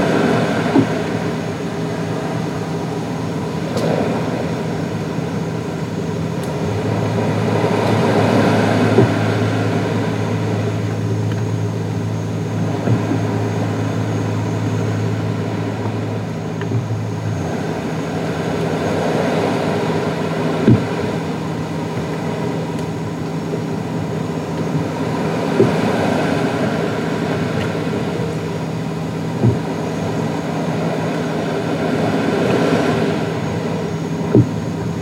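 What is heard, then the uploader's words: Inside a sailing boat at night, a steady low hum and drone fill the cabin, with a deeper rumble holding from about 7 to 17 seconds. Soft washing swells rise and fall every few seconds, and occasional small knocks and creaks sound around 21, 25 and 34 seconds. Calming Sound Inside A Sailing Boat At Night In The Caribbean. The boat is gently moving in the light warm sea.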